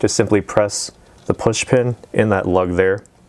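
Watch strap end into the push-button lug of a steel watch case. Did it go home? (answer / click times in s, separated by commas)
no / none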